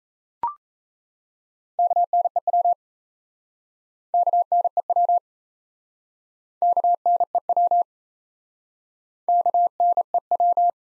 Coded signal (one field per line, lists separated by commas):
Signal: Morse code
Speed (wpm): 37 wpm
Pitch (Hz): 700 Hz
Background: none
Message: KNEW KNEW KNEW KNEW